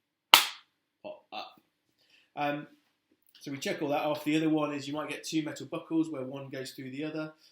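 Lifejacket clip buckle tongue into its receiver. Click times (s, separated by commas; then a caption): 0.3 s. A modern plastic clip-in lifejacket buckle tongue is pushed home into its receiver, and it snaps shut with a sharp single click at 0.3 s. The buckle seats, and the red button pops up. A few soft taps follow, then someone talks.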